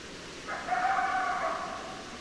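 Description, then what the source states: Coyote howl: one sustained, level, tonal note with a strong overtone, lasting a little over a second, over steady low background hiss. Several coyotes, recorded 10 December 2012.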